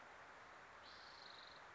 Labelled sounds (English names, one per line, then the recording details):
Spotted Towhee
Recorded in Sonoma County, California